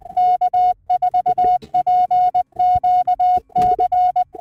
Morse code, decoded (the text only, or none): K4PQC